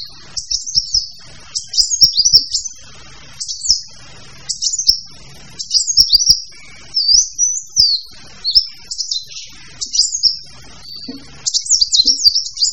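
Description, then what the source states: Bird song, high rapid chattering and twittering phrases in bursts separated by short pauses, with soft low clicks and knocks in the background. Mixed birds.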